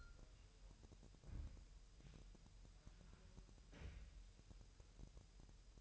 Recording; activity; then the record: daily activity, microphone in the room; wipe stove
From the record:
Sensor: 2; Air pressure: 1000.9 hPa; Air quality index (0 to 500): 249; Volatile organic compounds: 99 ppm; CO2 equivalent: 3746 ppm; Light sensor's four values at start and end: 10/24/10/10 and 10/24/10/10